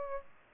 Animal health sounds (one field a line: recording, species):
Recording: mosquito wingbeat signal from an infrared sensor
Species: Aedes aegypti